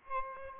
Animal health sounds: mosquito wingbeat signal from an infrared sensor; Aedes albopictus

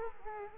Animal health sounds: mosquito wingbeat signal from an infrared sensor; Culex quinquefasciatus

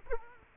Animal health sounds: mosquito wingbeat signal from an infrared sensor; Culex quinquefasciatus

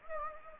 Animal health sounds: mosquito wingbeat signal from an infrared sensor; Anopheles gambiae

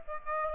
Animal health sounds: mosquito wingbeat signal from an infrared sensor; Aedes aegypti

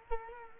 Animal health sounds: mosquito wingbeat signal from an infrared sensor; Culex quinquefasciatus

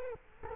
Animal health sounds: mosquito wingbeat signal from an infrared sensor; Culex quinquefasciatus

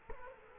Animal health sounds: mosquito wingbeat signal from an infrared sensor; Culex quinquefasciatus

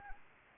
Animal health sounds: mosquito wingbeat signal from an infrared sensor; Anopheles arabiensis

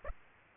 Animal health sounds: mosquito wingbeat signal from an infrared sensor; Aedes aegypti

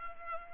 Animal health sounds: mosquito wingbeat signal from an infrared sensor; Culex pipiens

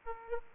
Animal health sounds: mosquito wingbeat signal from an infrared sensor; Aedes aegypti

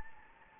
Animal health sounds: mosquito wingbeat signal from an infrared sensor; Anopheles gambiae

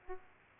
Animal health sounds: mosquito wingbeat signal from an infrared sensor; Aedes aegypti

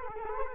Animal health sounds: mosquito wingbeat signal from an infrared sensor; Culex quinquefasciatus

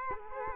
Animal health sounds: mosquito wingbeat signal from an infrared sensor; Culex quinquefasciatus

